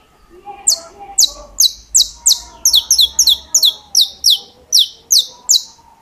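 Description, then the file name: Saffron finch song: a long run of loud, high, falling chips, some paired, repeated steadily with faint lower chirps beneath. "Canto-do-Canário-da-Terra"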